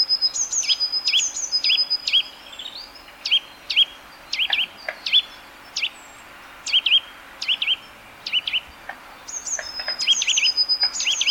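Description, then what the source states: Eurasian nuthatch calls: short sharp notes, often in pairs or triplets, repeated irregularly throughout, with thin high trilled notes at the start and end. Subspecies caesia.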